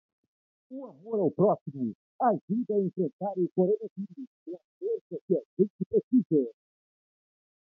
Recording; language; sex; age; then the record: spoken sentence; Brazilian Portuguese; male; 40 to 49 years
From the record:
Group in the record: control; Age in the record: 40 years